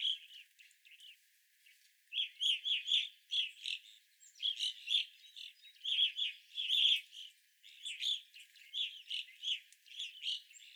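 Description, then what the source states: Evening grosbeaks chattering, a quieter opening followed by bursts of harsh, ringing chirps from multiple birds. Several evening grosbeaks recorded on 25 April 2021.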